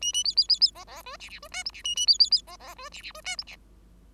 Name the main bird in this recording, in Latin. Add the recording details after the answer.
Lonchura striata domestica. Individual Bird5